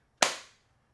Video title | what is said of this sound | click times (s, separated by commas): DON'T MISS The Casetify Case Lineup for iPhone 16 Pro Max! | that is a solid solid click on here | 0.2 s